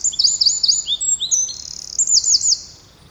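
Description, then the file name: Eurasian wren song: a fast burst of very high, sharp, twittering notes with quick trills, about two and a half seconds long, then fading. "Troglodytes troglodytes"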